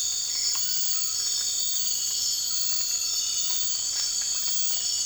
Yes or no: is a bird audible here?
no